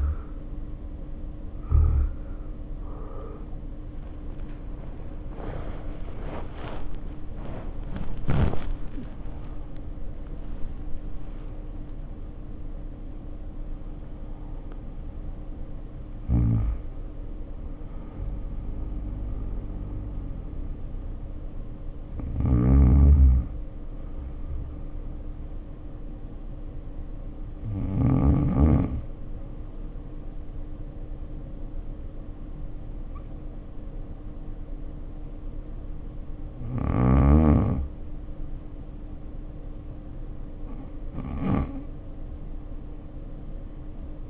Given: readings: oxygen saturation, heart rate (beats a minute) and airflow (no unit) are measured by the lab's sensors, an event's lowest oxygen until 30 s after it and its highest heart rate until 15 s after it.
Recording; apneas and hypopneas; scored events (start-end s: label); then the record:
breathing in sleep by a smartphone at the bedside; 1
0.00-19.00 s: awake
17.00-44.30 s: new sleep stage, N1 (lightest sleep)
25.00-39.90 s: hypopnea (N1, oxygen 95% highest, then 85% lowest, heart rate 56 at the start, 63 highest)
From the record:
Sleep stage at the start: awake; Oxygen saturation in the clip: 68 to 95%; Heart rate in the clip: 52 to 84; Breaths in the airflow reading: 14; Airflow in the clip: -2.0 to 2.1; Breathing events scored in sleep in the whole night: 520 in 7.2 hours asleep